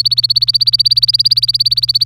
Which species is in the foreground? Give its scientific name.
Serinus canaria